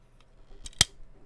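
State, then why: Seated. The plastic chest panel of a transforming robot toy is pushed down into the torso during transformation, with a faint tick near 0.2 s and small plastic clacks around 0.7 s. A sharp, hearty click at 0.8 s marks the chest locking into place.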